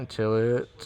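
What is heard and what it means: A second door rod retaining clip is placed on the opposite side of a 1968-69 Camaro or Firebird door and pushed up onto the door latch linkage while someone talks. The clip has not clicked home or seated yet.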